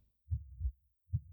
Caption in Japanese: ドクン、 ドクンと、 命の音が胸の奥から響いています。